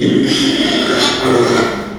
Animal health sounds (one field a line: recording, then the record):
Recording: squeal of a Yucatan mini pig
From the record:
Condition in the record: after surgery on the right vocal fold (resection and tissue-engineered implant)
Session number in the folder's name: 2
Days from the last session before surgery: 13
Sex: male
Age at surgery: 12 weeks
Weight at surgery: 13 kg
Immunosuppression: cyclosporine, prednisolone